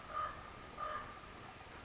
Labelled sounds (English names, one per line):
Common Raven